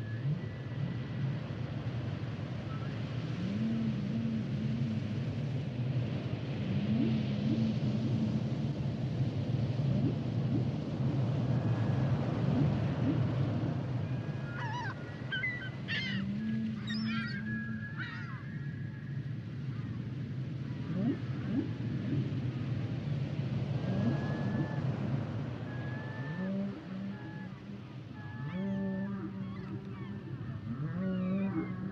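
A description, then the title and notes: Humpback whale sounds over a steady low rumble and hiss of water. Repeated low moans and short tonal calls recur every few seconds throughout, with bright squeaks and upward whistles clustering around the middle and again near the end. The songs and sounds of the humpback whale.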